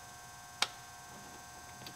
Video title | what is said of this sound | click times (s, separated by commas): TorqStorm Supercharger Map Sensor And Injectors Installation Part 4 | and it popped in just like the old one did connector | 0.6 s